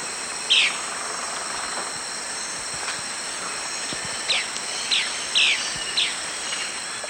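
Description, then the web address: Three-striped flycatcher calls: short, high, downslurred notes, one early and then a loose cluster of four or five near the end, over a steady insect-like hiss. Recorded in the eastern lowlands of Ecuador. "Natures Songs S America Eastern Lowlands. Three-striped Flycatcher"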